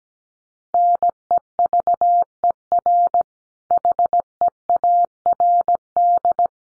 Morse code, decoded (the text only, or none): NEVER HEARD